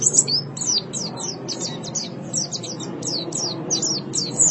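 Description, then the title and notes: White-eye twittering, high thin chirps in quick clusters, partly masked by a broad rushing noise and low rumble. "Suara kicauan burung pleci"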